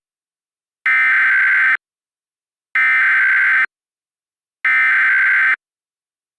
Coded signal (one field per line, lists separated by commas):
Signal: Emergency Alert System (SAME) tones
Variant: header bursts